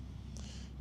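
A plastic Master Airscrew propeller for an Avata 2 drone is lined up with the groove and screw holes on the bottom-right motor hub and pressed on. A short, sharp pop sounds at 0.4 s over a steady low background rumble. The propeller is seated on the hub and holds without moving.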